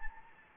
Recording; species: mosquito wingbeat signal from an infrared sensor; Anopheles gambiae